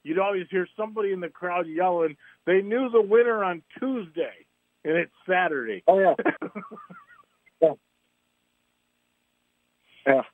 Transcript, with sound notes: You'd always hear somebody in the crowd yelling, they knew the winner on Tuesday, and it's Saturday.
Oh, yeah. (laughs) Yeah. Yeah.